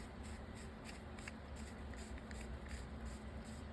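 A screw-on part of a Shimano Quick Fire II TX-120Q fishing reel, with its clicker spring moved to the grooved side, is screwed onto the reel body. Only faint handling noises are heard over a steady hiss. The clicker fails to click, and nothing has clicked.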